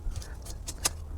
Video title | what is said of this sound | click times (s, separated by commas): ТЕПЛИЦА ДЛЯ РОДИТЕЛЕЙ / РАССАДА ПОМИДОР / СВЕТЛИЦА / РЕМОНТ СТАРОГО ДОМА / ЖИЗНЬ В ДЕРЕВНЕ | Η κλειδαριά κάνει κλικ. | 0.9 s